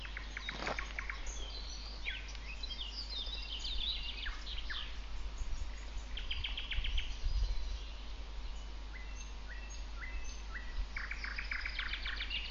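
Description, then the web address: Nightingale song with several fast trilled bursts of repeated notes and varied chirps between them, steady low rumble throughout. Song in Shumerlya district on 17 May 2012. "el-canto-del-ruisenor-distrito-de-schumerlya-17-de-mayo-de-2012"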